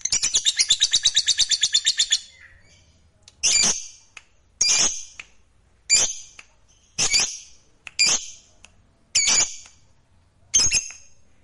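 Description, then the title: Lovebird chatter: about two seconds of rapid shrill twittering, followed by separate sharp squeaky chirps spaced roughly a second apart. "Suara Lovebird Ini"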